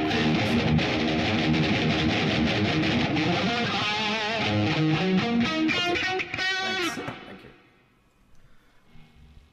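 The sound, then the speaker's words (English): A loud, gritty distorted instrument plays thick, buzzing sustained notes with wavering pitch bends for several seconds, then cuts out and decays to a faint hum near the end. “Run some distortion.”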